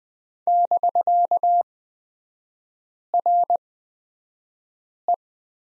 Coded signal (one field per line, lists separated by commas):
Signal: Morse code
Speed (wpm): 20 wpm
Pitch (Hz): 700 Hz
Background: none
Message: <BK>RE